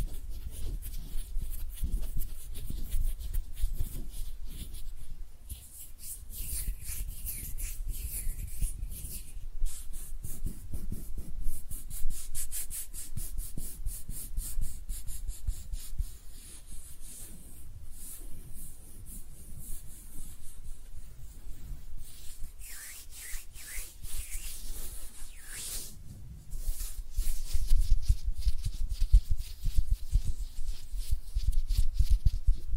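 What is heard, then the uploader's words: Hands rub and brush together in a continuous, dense run of dry friction, with quick scratchy strokes and an airy hiss on top. A soft low thumping runs underneath, and the rubbing grows heavier and louder over the last several seconds. ASMR Relaxing Hand Sounds (No Talking).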